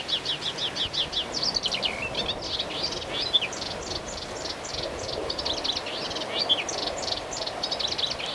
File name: Melodious Warbler